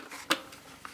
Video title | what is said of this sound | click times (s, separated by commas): Hoover Slalom Allergy Care Upright Vacuum Cleaner Unboxing & Demonstration | and you hear a click | 0.3 s